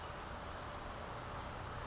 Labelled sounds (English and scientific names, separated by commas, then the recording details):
California Towhee (Melozone crissalis)
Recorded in Sonoma County, California